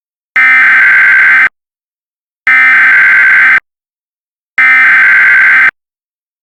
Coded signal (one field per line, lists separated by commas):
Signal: Emergency Alert System (SAME) tones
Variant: header bursts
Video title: EAS Mock: Water main rupture